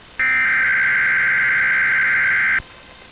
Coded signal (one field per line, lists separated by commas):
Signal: Emergency Alert System (SAME) tones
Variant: header bursts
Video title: Weatheradio Canada XLF322 | Severe Thunderstorm Watch | 2022-06-23 (EAS #118)